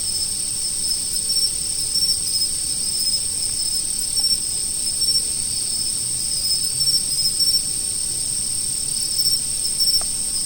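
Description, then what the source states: Insect chorus of continuous high-pitched shrilling in two layered bands, steady throughout with occasional slightly louder pulsed bursts. Autumn insects.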